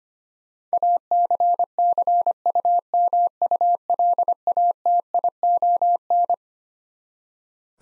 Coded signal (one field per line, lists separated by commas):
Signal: Morse code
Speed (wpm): 25 wpm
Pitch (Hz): 700 Hz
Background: none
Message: ACCUMULATION